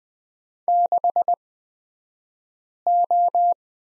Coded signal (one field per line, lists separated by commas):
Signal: Morse code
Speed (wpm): 20 wpm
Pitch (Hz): 700 Hz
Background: none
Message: 6O